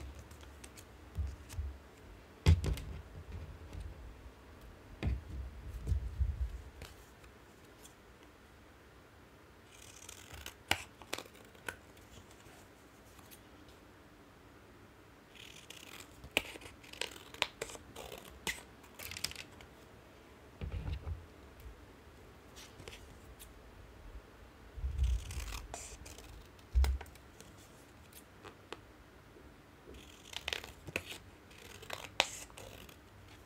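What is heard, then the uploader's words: Cards are handled and cut, with bursts of crisp riffling around 10–20 and 25–32 seconds, and low thumps between. Tarot Card Edging. ASMR soundscape triggers include card shuffling and cutting sounds.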